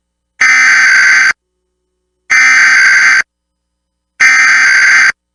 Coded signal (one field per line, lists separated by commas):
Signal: Emergency Alert System (SAME) tones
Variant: header bursts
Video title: EAS Required Monthly/Weekly Test Minnesota NOAA Weather Radio/FM +SeaTTY/WeatherSTAR4000